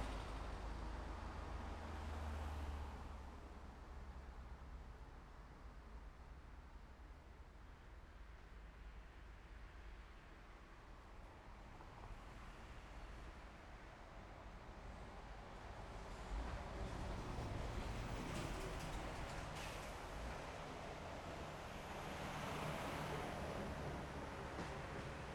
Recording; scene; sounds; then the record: everyday scene through a hearing-aid microphone; in traffic; traffic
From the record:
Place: main road on the outskirts, rush hour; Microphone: behind the ear, left, rear